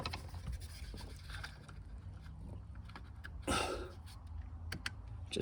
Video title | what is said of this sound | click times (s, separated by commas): 2020 Volkswagen Tiguan USB Port Repair | the new one just snaps right in | 4.9 s